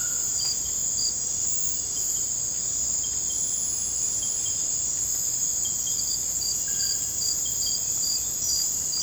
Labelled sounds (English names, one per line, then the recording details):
none
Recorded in dense forest near Puerto Asís, Putumayo, Colombia, on 22 December 2024 at 00:30
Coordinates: 0.481, -76.323
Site G100